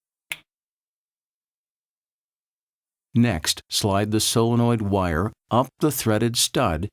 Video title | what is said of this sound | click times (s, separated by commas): Install Touch20 Technology | plug the LED wire into the side of the solenoid assembly until you hear a click | 0.3 s